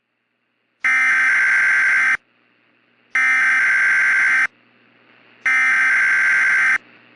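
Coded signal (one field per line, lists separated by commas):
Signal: Emergency Alert System (SAME) tones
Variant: header bursts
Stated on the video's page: Fictional, hypothetical EAS scenario tones for an imagined derecho striking the Gulf Coast.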